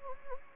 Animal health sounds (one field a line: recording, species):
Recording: mosquito wingbeat signal from an infrared sensor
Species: Anopheles gambiae